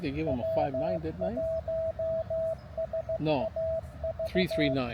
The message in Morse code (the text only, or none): W1SAV